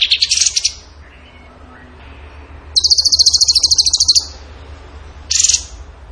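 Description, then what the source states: Bird song: a brief high chattering burst, then a long, very fast rattling trill of about one and a half seconds, and a short buzzy burst at the end. Masteran (training song) of a bird singing in the gacor tembakan style.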